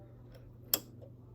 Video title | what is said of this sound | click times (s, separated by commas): How to Thread the Brother 1034D | and you hear it click | 0.7 s